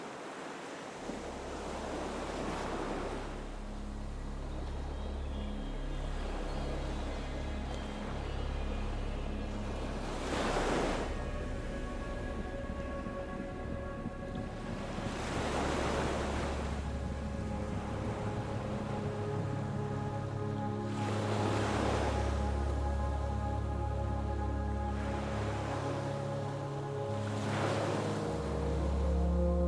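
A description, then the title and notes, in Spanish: Soft, sustained music with a deep, steady drone underneath, as gentle ocean waves swell and wash in roughly every five to six seconds. La armonía de nuestra música suave y el sonido tranquilizador de las olas.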